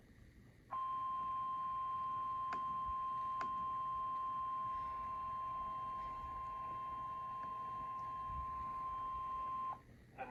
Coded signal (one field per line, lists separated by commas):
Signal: Emergency Alert System (SAME) tones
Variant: 1050 Hz attention tone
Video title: Severe Thunderstorm Warning [EAS #414]